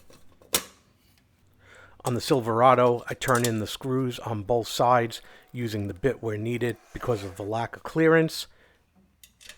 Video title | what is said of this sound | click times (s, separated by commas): Yamaha VSTAR 1100 Tachometer Installation | and then press it in the bottom. Should snap right in. | 0.6 s